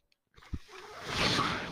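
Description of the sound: After a brief silence and a soft low thump, an airy hiss swells over about a second and holds near its peak. It is the sound of a home mechanical ventilator pushing a breath, heard in the background.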